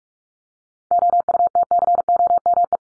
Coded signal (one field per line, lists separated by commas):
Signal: Morse code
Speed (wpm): 44 wpm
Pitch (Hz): 700 Hz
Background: none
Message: OUTCOME